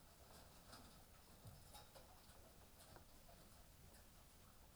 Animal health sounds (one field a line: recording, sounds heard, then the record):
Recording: poultry house recording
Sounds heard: healthy chickens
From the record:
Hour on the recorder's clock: 18